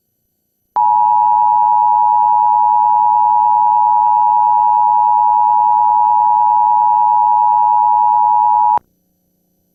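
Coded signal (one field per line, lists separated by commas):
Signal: Emergency Alert System (SAME) tones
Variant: 853 and 960 Hz attention tone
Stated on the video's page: New Jersey required monthly test received from a PBS television station, issued a day late.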